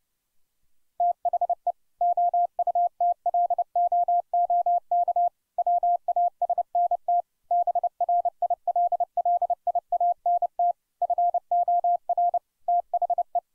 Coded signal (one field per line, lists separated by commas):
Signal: Morse code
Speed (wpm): 31 wpm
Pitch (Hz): 700 Hz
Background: none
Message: THE OUTLOOK WASNT BRILLIANT FOR THE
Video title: 30 wpm Morse Code Practice - Casey at the Bat